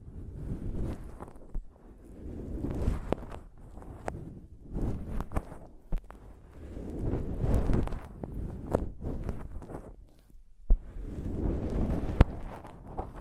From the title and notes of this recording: ASMR Mic Tapping and Scratching (No Talking).